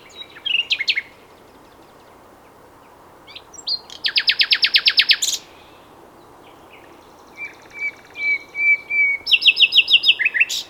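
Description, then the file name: Common nightingale song: a short note burst, then a loud rapid rattling trill, quiet whistled notes and a final fast repeated phrase. "Luscinia megarhynchos"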